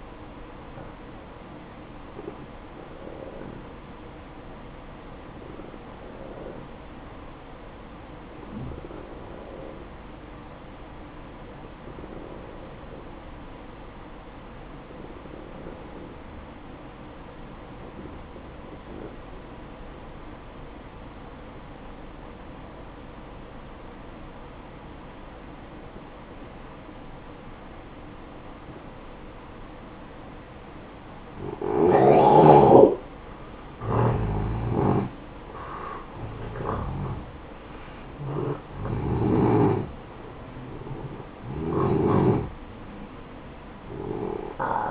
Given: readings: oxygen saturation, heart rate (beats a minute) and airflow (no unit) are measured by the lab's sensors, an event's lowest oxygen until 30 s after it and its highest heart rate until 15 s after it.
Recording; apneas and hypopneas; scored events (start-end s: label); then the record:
breathing in sleep by a voice recorder at the bedside; 1
3.00-31.80 s: hypopnea (N1, oxygen 94% highest, then 86% lowest, heart rate 62 at the start, 72 highest)
From the record:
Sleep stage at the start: N1 (lightest sleep); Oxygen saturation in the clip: 87 to 94%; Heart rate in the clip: 55 to 72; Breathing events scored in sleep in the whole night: 573 in 9.8 hours asleep